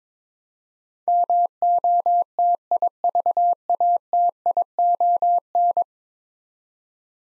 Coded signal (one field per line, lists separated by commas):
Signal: Morse code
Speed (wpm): 22 wpm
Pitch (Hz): 700 Hz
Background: none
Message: MOTIVATION